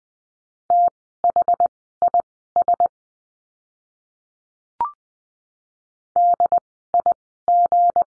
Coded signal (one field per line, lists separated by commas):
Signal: Morse code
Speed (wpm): 20 wpm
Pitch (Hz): 700 Hz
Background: none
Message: THIS DIG